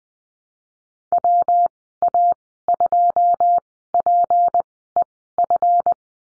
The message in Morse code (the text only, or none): WA2PEF